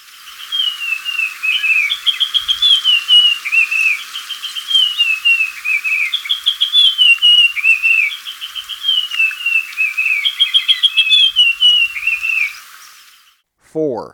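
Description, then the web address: Russet-crowned warbler song: a long, continuous, rapid warble of high whistled notes rising and falling in waves. Recorded in Ecuador. "Natures Songs S America Birds of Ecuador. Russet-Crowned Warbler"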